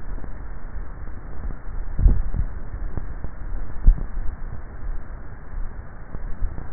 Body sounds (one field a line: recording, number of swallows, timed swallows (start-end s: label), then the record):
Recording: swallowing sounds by neck microphone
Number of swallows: 2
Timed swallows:
1.88-2.72 s: swallow
3.82-4.45 s: swallow
From the record:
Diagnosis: dysphagia